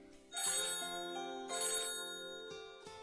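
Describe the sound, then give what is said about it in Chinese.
A mobile phone ringtone plays a bright electronic melody of sustained, chiming notes that step between pitches in a steady pattern, fairly loud and with no talking. “小伙子，你帮着我看看这手机坏没坏呀？他怎么不说话了？”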